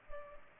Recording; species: mosquito wingbeat signal from an infrared sensor; Culex pipiens